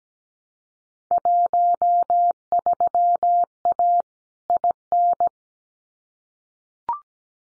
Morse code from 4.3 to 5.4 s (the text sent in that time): IN